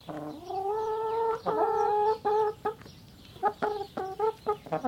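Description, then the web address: Chicken clucking: a drawn-out harmonic note of over a second, then a shorter sustained cluck, followed by a rapid series of short, choppy clucks. Highliner Brown breed chicken clucking. "Sound Effects-Foundation 1 BIRD CHICKEN HIGHLINER BROWN CLUCK"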